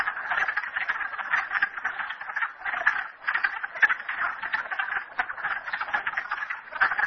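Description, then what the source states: Frogs croaking together, a dense ratcheting chorus with rhythmic surges and brief dips throughout. Frogs recorded at Merryspring.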